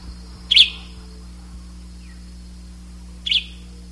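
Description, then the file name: Bird calls: two short, high chirps about three seconds apart, over a steady low hum. "SABIOD"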